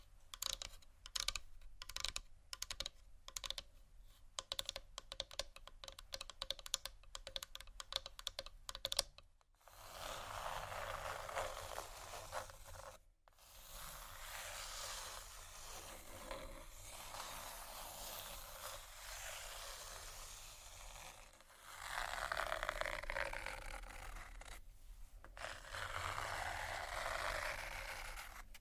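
Soft plastic textures: the first nine seconds are quick, irregular tapping, sharp clicks packed closely together. After a brief silence, a steady crinkling scratch takes over, dense and bright, with short breaks near 13 and 25 seconds and louder swells around 23 and 27 seconds.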